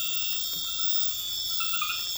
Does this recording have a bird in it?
no